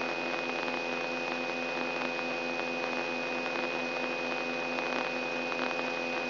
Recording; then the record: brain microelectrode recording played as sound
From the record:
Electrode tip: inside the subthalamic nucleus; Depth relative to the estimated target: -1.5 mm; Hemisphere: left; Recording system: AlphaMap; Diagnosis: Parkinson's disease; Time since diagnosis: 9 years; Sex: female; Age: 46 years